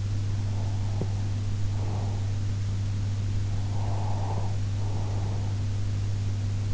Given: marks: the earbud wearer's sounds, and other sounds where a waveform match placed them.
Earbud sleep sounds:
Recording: sounds in sleep by an in-ear microphone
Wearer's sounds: breath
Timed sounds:
0.36-2.62 s: breath
3.56-6.02 s: breath

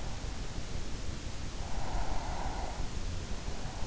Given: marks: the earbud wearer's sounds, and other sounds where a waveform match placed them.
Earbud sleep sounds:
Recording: sounds in sleep by an in-ear microphone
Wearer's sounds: breath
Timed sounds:
1.38-3.09 s: breath

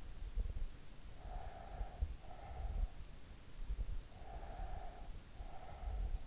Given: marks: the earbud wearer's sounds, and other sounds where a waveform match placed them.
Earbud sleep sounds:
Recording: sounds in sleep by an in-ear microphone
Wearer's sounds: breath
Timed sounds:
1.14-3.19 s: breath
3.92-6.27 s: breath

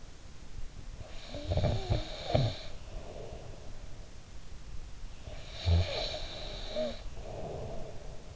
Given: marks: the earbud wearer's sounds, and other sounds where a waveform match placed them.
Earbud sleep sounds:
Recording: sounds in sleep by an in-ear microphone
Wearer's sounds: snoring breath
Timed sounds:
0.94-3.88 s: snoring breath
5.20-8.36 s: snoring breath

